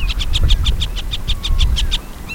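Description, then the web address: Northern harrier giving a rapid chattering series of many sharp, clipped notes, evenly spaced, over low rumble. "soundswild northern harrier"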